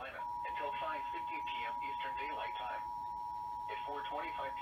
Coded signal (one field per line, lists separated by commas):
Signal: Emergency Alert System (SAME) tones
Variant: 853 and 960 Hz attention tone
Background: speech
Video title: EAS Alert Compilation from April 8 and April 9, 2019